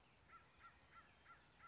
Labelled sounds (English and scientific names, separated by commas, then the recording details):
American Crow (Corvus brachyrhynchos)
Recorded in Sonoma County, California